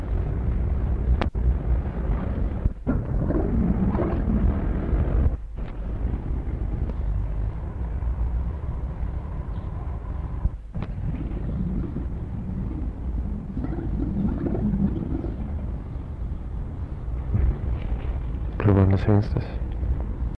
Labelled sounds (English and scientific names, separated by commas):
One-humped Camel (Camelus dromedarius)